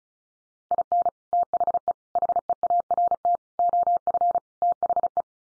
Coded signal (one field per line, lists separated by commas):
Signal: Morse code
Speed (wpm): 34 wpm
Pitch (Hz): 700 Hz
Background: none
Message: IN THE HEART OF THE